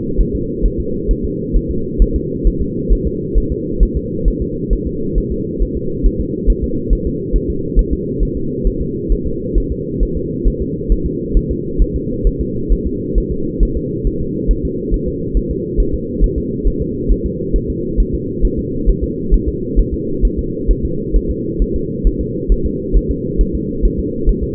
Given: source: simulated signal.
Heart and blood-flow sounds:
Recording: fetal heart sounds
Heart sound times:
0.21 s: S1
0.35 s: S2
0.66 s: S1
0.80 s: S2
1.11 s: S1
1.25 s: S2
1.56 s: S1
1.71 s: S2
2.02 s: S1
2.16 s: S2
2.47 s: S1
2.61 s: S2
2.92 s: S1
3.07 s: S2
3.38 s: S1
3.52 s: S2
3.83 s: S1
3.97 s: S2
4.28 s: S1
4.42 s: S2
4.73 s: S1
4.87 s: S2
5.18 s: S1
5.32 s: S2
5.62 s: S1
5.77 s: S2
6.06 s: S1
6.20 s: S2
6.50 s: S1
6.64 s: S2
6.93 s: S1
7.07 s: S2
7.36 s: S1
7.50 s: S2
7.79 s: S1
7.93 s: S2
8.23 s: S1
8.37 s: S2
8.67 s: S1
8.81 s: S2
9.12 s: S1
9.26 s: S2
9.58 s: S1
9.72 s: S2
10.03 s: S1
10.17 s: S2
10.48 s: S1
10.62 s: S2
10.92 s: S1
11.06 s: S2
11.37 s: S1
11.51 s: S2
11.82 s: S1
11.96 s: S2
12.27 s: S1
12.41 s: S2
12.72 s: S1
12.87 s: S2
13.18 s: S1
13.32 s: S2
13.63 s: S1
13.77 s: S2
14.07 s: S1
14.21 s: S2
14.51 s: S1
14.65 s: S2
14.94 s: S1
15.08 s: S2
15.37 s: S1
15.51 s: S2
15.80 s: S1
15.94 s: S2
16.24 s: S1
16.38 s: S2
16.67 s: S1
16.82 s: S2
17.11 s: S1
17.26 s: S2
17.56 s: S1
17.70 s: S2
18.00 s: S1
18.14 s: S2
18.45 s: S1
18.59 s: S2
18.89 s: S1
19.04 s: S2
19.34 s: S1
19.48 s: S2
19.79 s: S1
19.94 s: S2
20.25 s: S1
20.39 s: S2
20.71 s: S1
20.85 s: S2
21.16 s: S1
21.30 s: S2
21.62 s: S1
21.76 s: S2
22.07 s: S1
22.21 s: S2
22.52 s: S1
22.66 s: S2
22.97 s: S1
23.11 s: S2
23.41 s: S1
23.55 s: S2
23.85 s: S1
23.99 s: S2
24.29 s: S1
24.43 s: S2
From the record:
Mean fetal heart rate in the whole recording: 135 bpm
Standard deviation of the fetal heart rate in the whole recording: 3 bpm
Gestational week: 36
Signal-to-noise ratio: -6.6 dB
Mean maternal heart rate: 72 bpm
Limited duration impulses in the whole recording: present

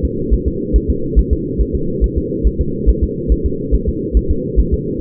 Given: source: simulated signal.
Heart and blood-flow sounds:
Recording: fetal heart sounds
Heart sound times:
0.05 s: S2
0.34 s: S1
0.48 s: S2
0.76 s: S1
0.90 s: S2
1.19 s: S1
1.33 s: S2
1.61 s: S1
1.75 s: S2
2.04 s: S1
2.18 s: S2
2.47 s: S1
2.61 s: S2
2.89 s: S1
3.03 s: S2
3.32 s: S1
3.46 s: S2
3.75 s: S1
3.89 s: S2
4.17 s: S1
4.31 s: S2
4.60 s: S1
4.74 s: S2
From the record:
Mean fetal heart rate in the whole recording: 140 bpm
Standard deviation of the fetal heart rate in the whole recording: 2 bpm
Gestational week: 34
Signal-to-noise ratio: -6.6 dB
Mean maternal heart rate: 72 bpm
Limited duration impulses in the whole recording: present

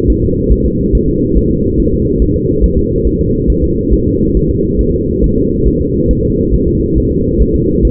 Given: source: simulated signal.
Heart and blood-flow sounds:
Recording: fetal heart sounds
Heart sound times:
0.10 s: S1
0.24 s: S2
0.52 s: S1
0.66 s: S2
0.95 s: S1
1.09 s: S2
1.37 s: S1
1.51 s: S2
1.80 s: S1
1.94 s: S2
2.22 s: S1
2.36 s: S2
2.64 s: S1
2.78 s: S2
3.07 s: S1
3.21 s: S2
3.50 s: S1
3.64 s: S2
3.93 s: S1
4.07 s: S2
4.37 s: S1
4.51 s: S2
4.81 s: S1
4.95 s: S2
5.24 s: S1
5.38 s: S2
5.68 s: S1
5.82 s: S2
6.11 s: S1
6.25 s: S2
6.54 s: S1
6.68 s: S2
6.98 s: S1
7.12 s: S2
7.42 s: S1
7.56 s: S2
7.85 s: S1
From the record:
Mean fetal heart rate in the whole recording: 140 bpm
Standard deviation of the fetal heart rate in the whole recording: 2 bpm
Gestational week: 34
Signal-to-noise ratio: -10.2 dB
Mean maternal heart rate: 72 bpm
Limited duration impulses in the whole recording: present

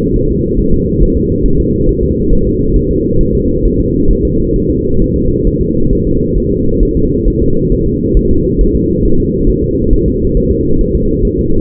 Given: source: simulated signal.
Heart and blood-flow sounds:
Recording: fetal heart sounds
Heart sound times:
0.16 s: S1
0.31 s: S2
0.59 s: S1
0.74 s: S2
1.03 s: S1
1.17 s: S2
1.46 s: S1
1.60 s: S2
1.89 s: S1
2.03 s: S2
2.33 s: S1
2.47 s: S2
2.76 s: S1
2.91 s: S2
3.21 s: S1
3.35 s: S2
3.66 s: S1
3.80 s: S2
4.11 s: S1
4.25 s: S2
4.56 s: S1
4.70 s: S2
5.02 s: S1
5.16 s: S2
5.47 s: S1
5.62 s: S2
5.93 s: S1
6.07 s: S2
6.38 s: S1
6.52 s: S2
6.83 s: S1
6.97 s: S2
7.28 s: S1
7.42 s: S2
7.72 s: S1
7.87 s: S2
8.17 s: S1
8.31 s: S2
8.61 s: S1
8.75 s: S2
9.05 s: S1
9.20 s: S2
9.50 s: S1
9.64 s: S2
9.93 s: S1
10.08 s: S2
10.37 s: S1
10.52 s: S2
10.81 s: S1
10.95 s: S2
11.25 s: S1
11.39 s: S2
From the record:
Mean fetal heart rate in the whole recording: 135 bpm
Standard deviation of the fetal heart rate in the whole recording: 3 bpm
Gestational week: 36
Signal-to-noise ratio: -16.4 dB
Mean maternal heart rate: 72 bpm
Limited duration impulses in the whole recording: present

